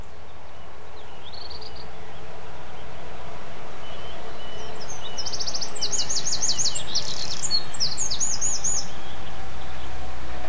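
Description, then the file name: Bird song with quick, high-pitched chirps and a run of fast repeated notes from midway, set against steady low-frequency rumble. Birdsong dated 11 04 07, recorded on an MZ-N 710 recorder. "Chants d oiseaux 11 04 07"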